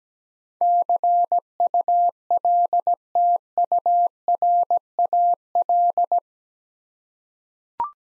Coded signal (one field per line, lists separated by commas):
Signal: Morse code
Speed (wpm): 17 wpm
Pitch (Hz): 700 Hz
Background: none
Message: CULTURAL